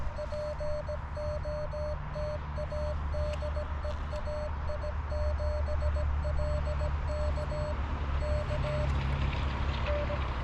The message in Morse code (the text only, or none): POTA DE AI7LK KN